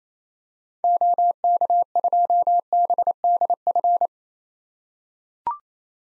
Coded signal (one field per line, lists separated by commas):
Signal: Morse code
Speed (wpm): 29 wpm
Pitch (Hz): 700 Hz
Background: none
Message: OK2BDF